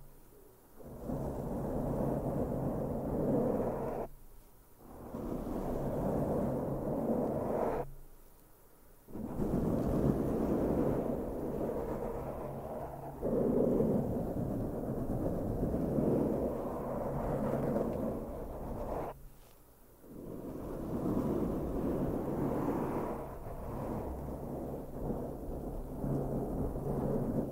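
Intense brushing right against a microphone, a dense, rough rushing sound with a deep, rumbling body and duller highs. It comes in long strokes of several seconds, broken by brief silent pauses near 4, 8, 13 and 19 seconds. No voice is heard.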